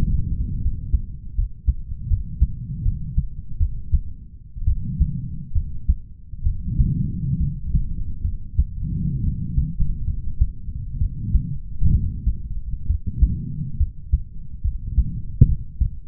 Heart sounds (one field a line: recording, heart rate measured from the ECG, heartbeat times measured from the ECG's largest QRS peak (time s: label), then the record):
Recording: heart sounds by stethoscope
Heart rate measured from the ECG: 69 bpm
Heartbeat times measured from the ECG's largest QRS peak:
0.61 s: heartbeat
1.34 s: heartbeat
2.07 s: heartbeat
2.82 s: heartbeat
3.57 s: heartbeat
4.65 s: heartbeat
5.52 s: heartbeat
6.43 s: heartbeat
7.38 s: heartbeat
8.22 s: heartbeat
9.21 s: heartbeat
10.05 s: heartbeat
10.98 s: heartbeat
11.91 s: heartbeat
12.87 s: heartbeat
13.77 s: heartbeat
14.62 s: heartbeat
15.46 s: heartbeat
From the record:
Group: healthy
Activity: Valsalva maneuver 0-1 s, rest 1-16 s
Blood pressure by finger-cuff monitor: 112/78 mmHg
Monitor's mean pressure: 90 mmHg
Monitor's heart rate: 72 bpm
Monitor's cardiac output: 5.7 L/min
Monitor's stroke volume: 81 mL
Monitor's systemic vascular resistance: 1170 dyn s/cm5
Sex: male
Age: 20 years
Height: 187 cm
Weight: 68.9 kg